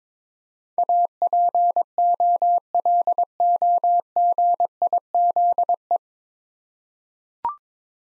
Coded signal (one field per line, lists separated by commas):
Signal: Morse code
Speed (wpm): 21 wpm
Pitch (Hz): 700 Hz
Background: none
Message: APOLOGIZE